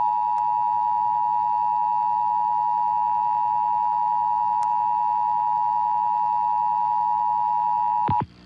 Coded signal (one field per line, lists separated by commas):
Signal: Emergency Alert System (SAME) tones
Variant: 853 and 960 Hz attention tone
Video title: Massachusetts RMT + Accidental Winter Storm Warning on WWLP-DT2 (12/2/2025) (EAS #212-213)